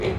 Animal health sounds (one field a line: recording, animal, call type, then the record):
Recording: contact call of a hoofed animal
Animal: pig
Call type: closed-mouth grunt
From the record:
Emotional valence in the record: positive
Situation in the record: food and toys in familiar pen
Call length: 0.19 s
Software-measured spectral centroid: 1680 Hz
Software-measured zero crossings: 1220 a second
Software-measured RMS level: -24 dBFS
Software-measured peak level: -13 dBFS